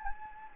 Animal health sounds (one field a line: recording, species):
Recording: mosquito wingbeat signal from an infrared sensor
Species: Anopheles gambiae